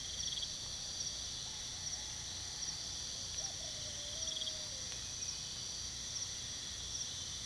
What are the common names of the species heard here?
none